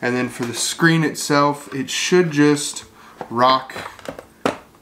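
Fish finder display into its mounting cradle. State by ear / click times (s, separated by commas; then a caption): seated / 4.5 s. A Garmin 73cv fish finder display unit from an ice fishing bundle is rocked down into its plastic mounting cradle while someone talks. Small taps sound at 4.0 and 4.2 seconds. A sharp click at 4.5 seconds marks the display latching and seating in the mount.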